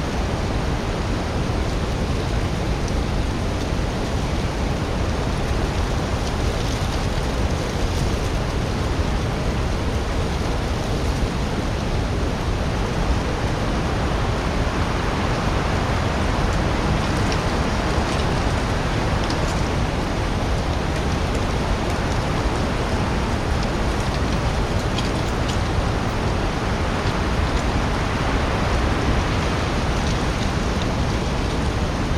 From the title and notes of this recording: Peaceful breezy sounds. Our 3D audio recording, crafted during the enchanting "magic hour". Beneath the ancient redwoods' protective canopy.